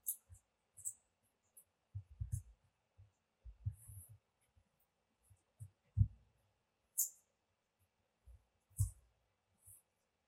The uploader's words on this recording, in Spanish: Sonido de la creación de una burbuja de cinta adhesiva Nano Tape o doble contacto. Sonidos de la cinta nano tape.